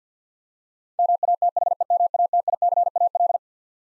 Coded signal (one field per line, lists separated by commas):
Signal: Morse code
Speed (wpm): 50 wpm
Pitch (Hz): 700 Hz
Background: none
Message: MATHEMATICAL